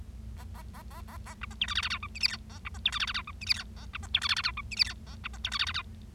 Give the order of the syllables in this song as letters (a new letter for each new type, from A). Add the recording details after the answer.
A A A A A A B C D E F F G H I J K A B C D E F F G H I J K A B C D E F F G H I J K A B C D E F F G. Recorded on 25 March 2012 at 08:14. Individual gy6or6